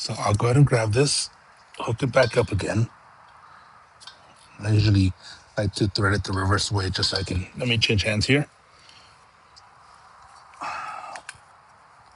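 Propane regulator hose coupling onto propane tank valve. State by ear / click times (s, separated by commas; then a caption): seated / 11.2 s, 11.3 s. Someone talks while threading the propane regulator hose coupling of a Blackstone 22-inch griddle back onto the propane tank valve by hand, during a fix for a weak flame. After the talking stops there is a brief rustle of handling, and then the coupling clicks on at 11.2 s and 11.3 s, seated on the valve.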